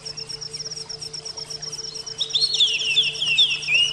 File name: Audio Terapi Kacer Macet Bunyi dan Stress